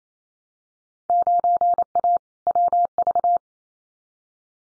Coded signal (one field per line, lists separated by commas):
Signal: Morse code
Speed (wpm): 28 wpm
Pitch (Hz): 700 Hz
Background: none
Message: 9A WV